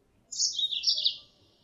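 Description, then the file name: Mozambique canary call, one high chirping phrase under a second long, bright twittering notes stepping slightly lower, background otherwise quiet. Female; lure call used to attract birds. "suara pancingan mozambik betina"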